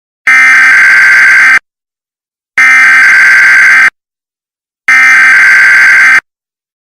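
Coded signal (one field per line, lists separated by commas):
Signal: Emergency Alert System (SAME) tones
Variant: header bursts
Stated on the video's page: Fictional EAS scenario set in 1995 using the old Emergency Broadcast System; simulated meteorite alert.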